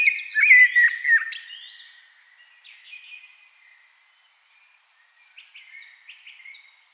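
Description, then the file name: Eurasian blackbird song: one mellow, fluty warbled phrase with a high squeaky tail, then soft, repeated short notes. "Turdus merula"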